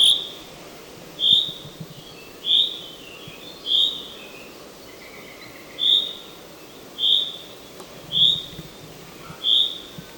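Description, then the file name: Common chaffinch giving a series of brief, bright whistled call notes, repeated roughly every 1.2 seconds with one longer gap, with faint softer chirps between them and low background noise. "Fringilla coelebs"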